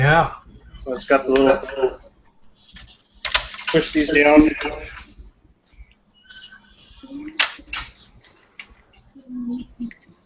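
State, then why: Seated. Small spring-loaded plastic pieces are pushed down into a toy launcher base while someone talks. Two sharp plastic clicks sound at 7.7 s and 8.6 s as the pieces latch and lock into place.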